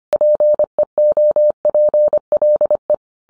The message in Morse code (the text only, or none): PEOPLE